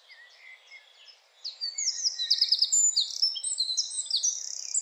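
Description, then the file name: Eurasian wren song: after a faint start, a sudden burst of loud, high, rapid trills and rattling notes pours out in a fast, continuous stream. "Troglodytes troglodytes"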